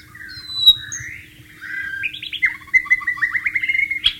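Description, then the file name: White-rumped shama song: a high whistle, slurred notes, then a fast run of rapid repeated downward notes ending in a sharp accent. White-rumped shama (murai batu) in the wild. "suara burung murai batu di alam liar"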